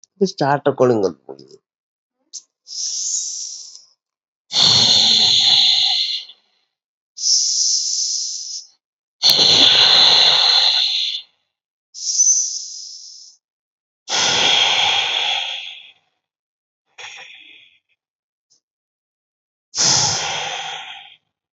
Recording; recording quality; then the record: deep breathing; excellent, no background noise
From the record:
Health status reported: healthy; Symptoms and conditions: fever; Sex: male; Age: 32 years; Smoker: yes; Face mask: not worn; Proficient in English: yes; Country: India